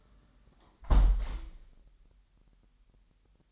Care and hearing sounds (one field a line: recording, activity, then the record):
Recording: daily activity, microphone in the room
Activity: close window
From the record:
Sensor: 3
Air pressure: 998.6 hPa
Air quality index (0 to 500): 135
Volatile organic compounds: 4 ppm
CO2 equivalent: 1616 ppm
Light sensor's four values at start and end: 8/20/8/9 and 8/20/8/9